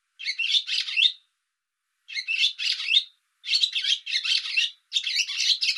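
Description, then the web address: Bird giving harsh squawking chirps in several bursts, each a tight cluster of rasping notes. "cianscape birddata Deverinetal 2025"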